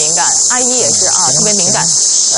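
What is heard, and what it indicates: Simulated tinnitus: a continuous, high-pitched, cicada-like buzzing concentrated above about 4 kHz, like cicadas in summer.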